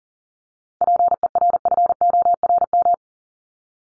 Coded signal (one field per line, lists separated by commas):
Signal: Morse code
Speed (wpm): 40 wpm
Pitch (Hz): 700 Hz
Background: none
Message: PERFORM